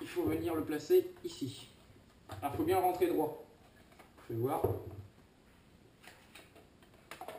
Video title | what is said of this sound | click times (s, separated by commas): Review AW308 | Clac, vous rentrez et voilà, vous entendez un clic et là il est mis. | 7.1 s